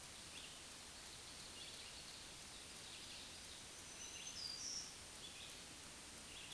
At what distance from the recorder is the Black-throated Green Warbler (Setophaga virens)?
about 30 m